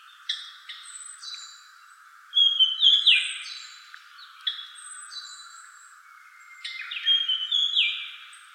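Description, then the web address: Japanese grosbeak song, several bursts of clear whistled notes with sliding notes, separated by quieter pauses. "birdenaga ikaru"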